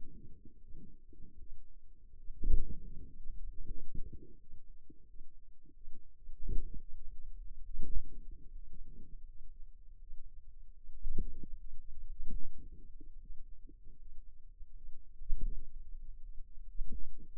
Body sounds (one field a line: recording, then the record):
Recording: forearm muscle sounds (acoustic myography)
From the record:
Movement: pen grasping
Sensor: system 2, bracelet of six BSWA MPA416 microphones around the upper forearm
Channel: 2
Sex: female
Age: 23 years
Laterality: right